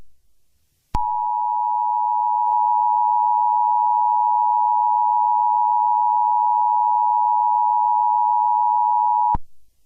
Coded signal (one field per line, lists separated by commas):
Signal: Emergency Alert System (SAME) tones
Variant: 853 and 960 Hz attention tone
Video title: Plotagon EAS scenario: The great Plotagon city shake-off (Read Desc)